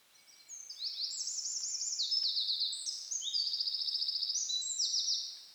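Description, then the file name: Eurasian wren in full song, a long loud stream of shrill trills and rattling phrases, changing pitch between segments, ending after about five seconds. "Troglodytes troglodytes"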